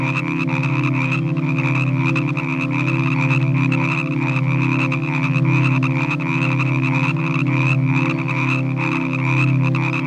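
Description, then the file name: Frogs calling together: a low, rumbling croak throbbing in slow regular pulses beneath a dense, high, buzzing trill chorus. "Nature Collection - Croak Frog Calls"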